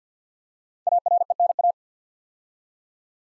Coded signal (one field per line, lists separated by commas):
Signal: Morse code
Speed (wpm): 48 wpm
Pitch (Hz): 700 Hz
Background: none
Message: ARENA